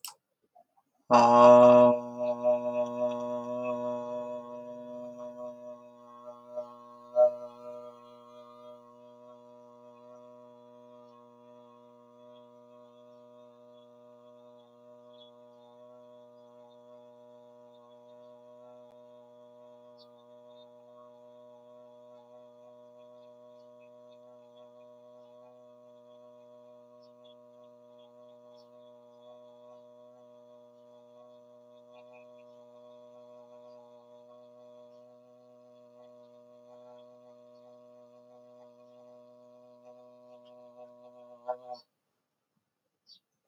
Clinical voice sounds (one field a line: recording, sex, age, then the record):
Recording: vowel held as long as possible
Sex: male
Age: 30 to 39 years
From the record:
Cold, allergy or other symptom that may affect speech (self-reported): no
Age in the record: 36 years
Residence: Hawaii, United States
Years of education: 13